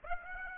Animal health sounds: mosquito wingbeat signal from an infrared sensor; Aedes aegypti

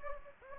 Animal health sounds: mosquito wingbeat signal from an infrared sensor; Anopheles gambiae

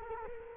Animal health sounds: mosquito wingbeat signal from an infrared sensor; Culex quinquefasciatus

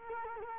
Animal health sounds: mosquito wingbeat signal from an infrared sensor; Culex quinquefasciatus

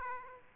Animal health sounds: mosquito wingbeat signal from an infrared sensor; Aedes aegypti

